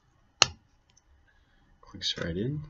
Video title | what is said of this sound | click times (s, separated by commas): WRT 104: Maker Badge | white piece goes there. Clicks right in. | 0.4 s